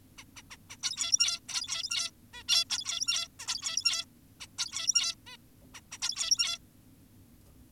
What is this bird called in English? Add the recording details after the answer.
Zebra Finch. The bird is an adult. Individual g17y2U